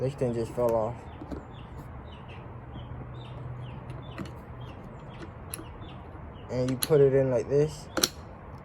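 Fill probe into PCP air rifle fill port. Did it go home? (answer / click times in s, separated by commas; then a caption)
yes / 8.0 s. Someone talks while a metal fill probe is pushed into the fill port of a PCP air rifle. Soft knocks are heard along the way, then a sharp metallic clack at 8.0 s. The probe seats and the rifle is ready to be filled.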